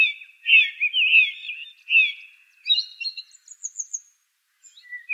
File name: suara-kicauan-burung-song-thrush -omkicau